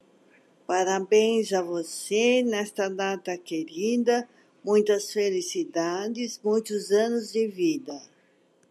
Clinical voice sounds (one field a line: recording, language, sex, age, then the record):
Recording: short text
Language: Brazilian Portuguese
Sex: female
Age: 60 to 69 years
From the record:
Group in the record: control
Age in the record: 61 years